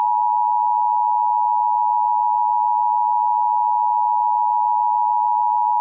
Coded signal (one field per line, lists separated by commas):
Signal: Emergency Alert System (SAME) tones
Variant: 853 and 960 Hz attention tone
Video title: EAS Scenerio - Sinkhole 2014